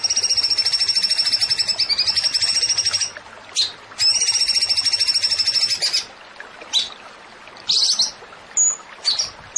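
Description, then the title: Zebra finch song: a long fast trill of high, repeated notes, a pause, another trill, then scattered sharp whistled chips and short bursts. Masteran training recording for songbirds; bird described as gacor (singing prolifically). "Masteran Burung Tembakan Gacor"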